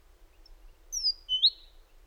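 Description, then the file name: Great tit giving a brief call: a thin, high, descending note followed by a lower, rising chirp. "Parus major"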